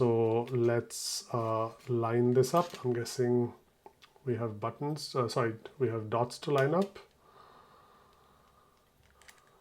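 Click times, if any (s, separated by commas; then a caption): none. Someone talks while lining up the dots on the Xiaomi 15 Ultra Photography Kit's lens adapter ring with the phone's camera mount, then twists it in the quiet handling that follows, with a few faint taps around 9.1 and 9.2 s. The ring does not lock, and nothing has clicked or seated yet.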